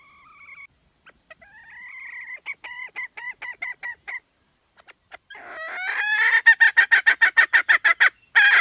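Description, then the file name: Red junglefowl hen: quiet scattered clucks build into a rising squawk, then a loud fast run of harsh cackles. Female (hen). "tieng ga mai rung"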